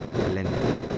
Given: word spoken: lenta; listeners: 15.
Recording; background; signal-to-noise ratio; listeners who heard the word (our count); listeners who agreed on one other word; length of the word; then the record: one Spanish word in noise, from a listening test; noise modulated by three-talker babble; -5.0 dB; 0 of 15; 9 of 15; 0.58 s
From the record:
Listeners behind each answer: 9, 2, 1, 1, 1, 1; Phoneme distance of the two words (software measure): 10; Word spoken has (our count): 2 syllables, 5 phonemes, stress on syllable 1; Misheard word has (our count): 2 syllables, 5 phonemes, stress on syllable 1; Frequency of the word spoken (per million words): 20.92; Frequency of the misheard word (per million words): 28.14